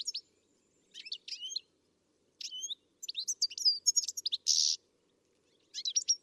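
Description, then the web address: Bird uttering short clusters of thin, high chirps separated by silent gaps, including one buzzy rasp. "Deverinetal. Bird Only"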